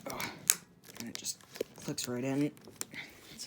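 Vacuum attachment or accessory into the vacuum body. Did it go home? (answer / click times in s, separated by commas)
yes / 0.5 s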